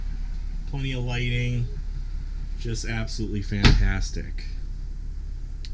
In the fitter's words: door latches are just phenomenal they just sort of snap in place really cool to see